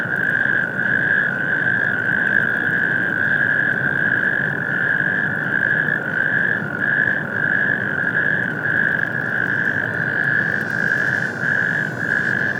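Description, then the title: Natterjack toads giving rolling, rasping trills in a thick, unbroken chorus, with slight pulsing in the sound and a low rumble beneath. Several natterjack toads calling on an industrial wasteland at Stockstadt am Main, heard from the Main riverbank at Mainaschaff, Germany, on a warm spring night shortly before 22:00; mid-side stereo recording, MixPre 6ii recorder. "Mainufer, Mainaschaff, Deutschland. Kreuzkröten - Kreuzkröten auf der Industriebrache Stockstadt Kai 6"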